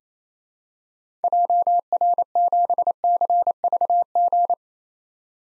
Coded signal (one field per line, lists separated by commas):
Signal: Morse code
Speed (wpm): 28 wpm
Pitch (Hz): 700 Hz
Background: none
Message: JR7CVG